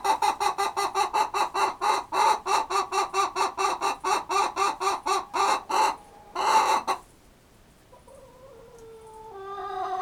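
Chicken cackling: a steady rapid string of clucks for about six seconds, one drawn-out squawk, then quiet with faint tonal calls near the end.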